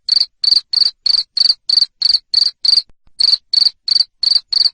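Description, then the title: Cricket chirping in a fast, even series of piercing pulses, interrupted by one short silence. Loud cricket chirping played to stimulate lovebirds to keep singing. "Suara JANGKRIK NGERIK Keras Bikin LOVEBIRD Jadi NGEKEK Terus"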